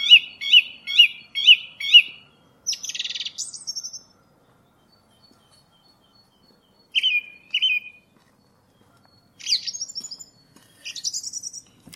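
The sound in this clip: Song thrush song: a short bright phrase repeated five times in quick succession, then a burst of scratchy notes, whistled phrases repeated twice, and varied high twittering after pauses.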